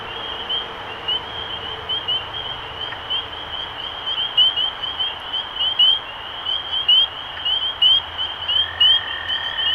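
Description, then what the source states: Spring peeper chorus, clear rising peeps repeated about once a second amid many others, with a steady tone starting near the end. Recorded 23 March 2012.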